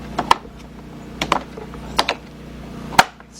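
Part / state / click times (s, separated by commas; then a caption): plastic trim cover clips onto the front end / seated / 0.3 s, 1.3 s, 2.0 s, 3.0 s. A plastic trim cover is pressed back over the left headlight assembly area on the front end of a 2007 Volkswagen Passat 2.0. Sharp plastic clicks are heard as it snaps into place at several clips, at about 0.3, 1.3, 2.0 and 3.0 seconds, some with a softer click just before or after. The cover is seated.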